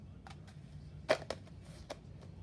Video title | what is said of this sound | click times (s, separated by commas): Flockinator sieve tool part1. Not for children | just give it a little shove off you go locks in place | 1.1 s, 1.3 s